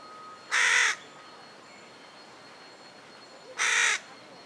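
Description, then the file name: Carrion crow giving two harsh, rasping caws about three seconds apart, with quiet hiss between them. "Corvus corone"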